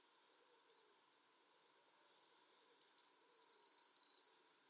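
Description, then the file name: Eurasian blue tit song: faint high notes, then thin descending notes sliding into a fast, even trill. "Cyanistes caeruleus"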